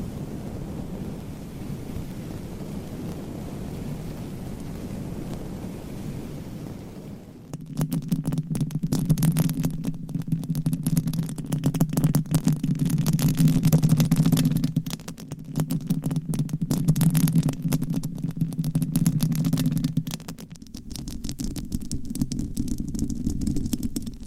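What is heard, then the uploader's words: Long nails scratch across microphones, starting after a quiet stretch of low, muffled rumble. From about eight seconds the scratching turns dense and crackly over a thick, booming low drone, swelling in two loud passages with brief dips near fifteen and twenty-one seconds. ASMR Mic Scratching - Brain Scratching with 9 Mics & XXL ULTRA LONG NAILS No Talking.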